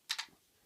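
The front section of a plastic robot toy pops off its body with a sharp click at 0.1 s, followed by a softer second click at 0.2 s. The section comes free, and a faint low rattle trails off before quiet.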